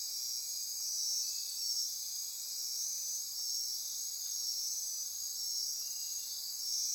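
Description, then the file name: Insect chorus of constant high-pitched shrilling, several overlapping trills pulsing steadily throughout, no other clear sounds. Insect chorus recorded at midnight near Corcovado. "Wind-is-the-Original-Radio-Fridays Andy-Martin Midnight-Insect-Chorus-Near-Corcovado"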